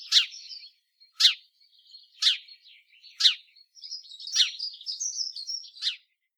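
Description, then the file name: House sparrow repeating sharp, harsh chirps roughly once a second, mixed with quieter twittering chatter between the louder notes. "Passer domesticus"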